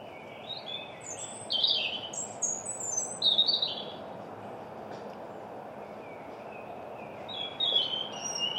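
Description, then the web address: European robin song: soft, high, thin warbling phrases with trickling notes, a pause, then a shorter phrase near the end, against steady low background noise. "Deverinetal 2025"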